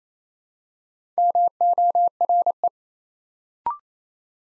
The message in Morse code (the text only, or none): MORE